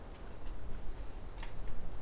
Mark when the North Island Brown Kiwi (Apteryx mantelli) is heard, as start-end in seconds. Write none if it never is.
none